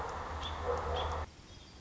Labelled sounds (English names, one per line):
American Robin